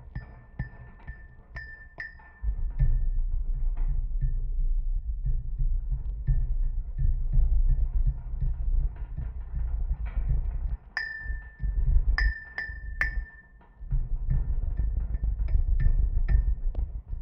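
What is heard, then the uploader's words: Rings on the hands strike rusty metal poles, giving bright, sharp pings with short ringing tails, scattered irregularly and clustered in quick bursts around eleven to thirteen seconds. Underneath runs a steady low rumble, like wind or traffic, that drops away briefly twice. This comes from an elaborate rusty metal structure that the DNR uses to pull huge catches of sample fish from the fish ladder near the hydroelectric dam. I stood in the middle of it and beat both sides with my outstretched hands. The real ringing sounds come from when my rings strike the poles.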